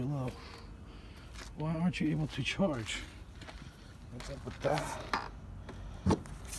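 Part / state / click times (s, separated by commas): EV charging connector into vehicle charge port / not seated / none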